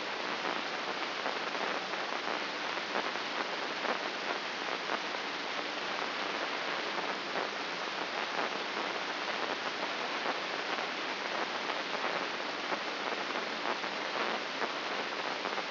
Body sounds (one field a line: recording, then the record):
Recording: brain microelectrode recording played as sound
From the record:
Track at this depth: outside the subthalamic nucleus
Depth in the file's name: 6.829 mm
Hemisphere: left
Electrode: 3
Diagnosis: Parkinson's disease